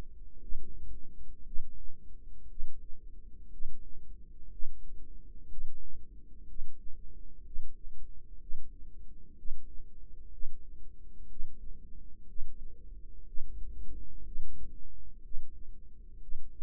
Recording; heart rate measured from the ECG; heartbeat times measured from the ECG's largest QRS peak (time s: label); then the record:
heart sounds by microphone in the right ear; 61 bpm
0.38 s: heartbeat
1.42 s: heartbeat
2.46 s: heartbeat
3.48 s: heartbeat
4.48 s: heartbeat
5.46 s: heartbeat
6.44 s: heartbeat
7.42 s: heartbeat
8.37 s: heartbeat
9.34 s: heartbeat
10.29 s: heartbeat
11.26 s: heartbeat
12.24 s: heartbeat
13.23 s: heartbeat
14.21 s: heartbeat
15.20 s: heartbeat
16.17 s: heartbeat
From the record:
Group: healthy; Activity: Valsalva maneuver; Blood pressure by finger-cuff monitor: 165/81 mmHg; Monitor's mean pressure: 97 mmHg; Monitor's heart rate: 61 bpm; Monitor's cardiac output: 5.3 L/min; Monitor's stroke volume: 88 mL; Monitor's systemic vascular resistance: 1360 dyn s/cm5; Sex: male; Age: 25 years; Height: 170 cm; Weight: 70.4 kg